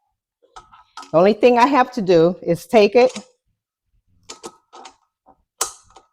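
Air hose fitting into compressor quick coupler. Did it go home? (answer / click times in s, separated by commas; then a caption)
yes / 5.6 s. An air hose fitting is pushed into the quick-connect coupler of a Husky pancake air compressor while someone talks. A few light clicks and taps follow, then a loud sharp snap at 5.6 s marks the fitting seating securely in the coupler.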